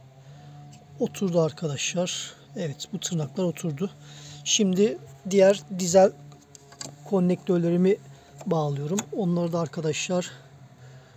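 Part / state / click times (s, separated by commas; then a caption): fuel line quick connector onto the fuel filter port / seated / 6.6 s, 6.8 s. On a VW Polo 1.2 TDI, a diesel fuel line quick connector is pushed onto the fuel filter port during a fuel filter replacement. Someone talks throughout, and sharp clicks are heard at 6.6 s and 6.8 s as the connector seats. The connector is meant to stay on when pulled.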